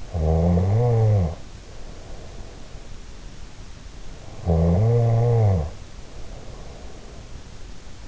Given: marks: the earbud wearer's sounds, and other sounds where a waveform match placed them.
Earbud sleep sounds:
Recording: sounds in sleep by an in-ear microphone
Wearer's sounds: snoring breath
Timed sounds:
0.00-2.97 s: snoring breath
4.33-7.30 s: snoring breath

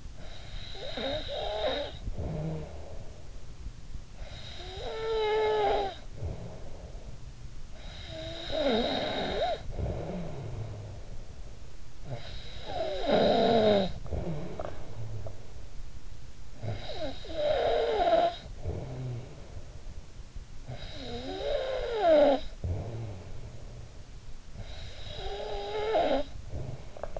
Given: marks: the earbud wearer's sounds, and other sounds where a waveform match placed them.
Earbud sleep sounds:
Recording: sounds in sleep by an in-ear microphone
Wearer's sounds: snoring breath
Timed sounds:
0.00-3.54 s: snoring breath
3.85-7.45 s: snoring breath
7.83-27.20 s: snoring breath

